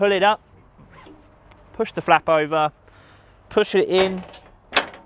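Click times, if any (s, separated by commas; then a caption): 4.8 s. Someone talks while the wheelchair ramp of a Gowrings Versa Fiat Doblo wheelchair accessible van is raised and its flap is folded over and pushed into the stowage latch. A single sharp, loud click at 4.8 s shows the flap has latched shut, confirming the ramp is stored securely.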